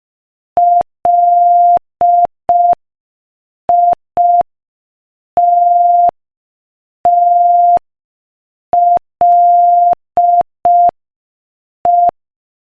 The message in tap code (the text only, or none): none